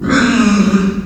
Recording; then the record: squeal of a Yucatan mini pig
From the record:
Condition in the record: after surgery on the right vocal fold (resection and tissue-engineered implant); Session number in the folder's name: 9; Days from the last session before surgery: 65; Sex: female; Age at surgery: 19 weeks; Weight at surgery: 25 kg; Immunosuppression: prednisolone